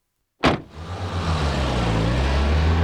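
After a moment of silence, a taxi's door-like thump gives way to its engine starting and revving, the low rumble rising and holding steady as the taxi pulls away in pursuit of a pink Rolls-Royce.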